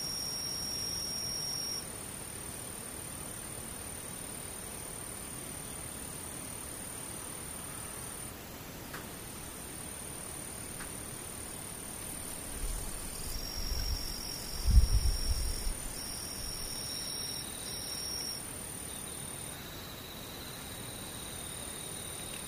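Near silence with distant insects holding thin, steady high-pitched trills, some dropping in and out, and a soft low rumble swelling around fifteen seconds.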